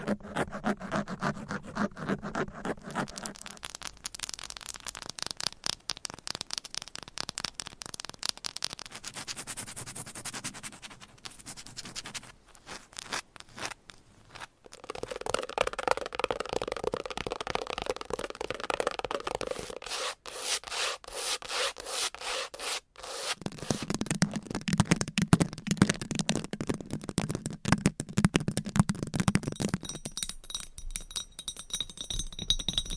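Fast, aggressive tapping and scratching with nails on various items, a dense stream of quick clicks and raspy scrapes. The texture shifts every few seconds as the surface changes, with a sparser, quieter stretch around 12 to 15 seconds and thinner scratching near the end.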